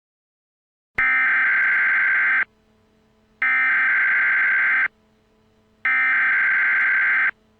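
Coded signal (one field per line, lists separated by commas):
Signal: Emergency Alert System (SAME) tones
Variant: header bursts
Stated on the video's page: Fictional EAS scenario, a simulated alert.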